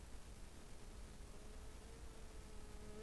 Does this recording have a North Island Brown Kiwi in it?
no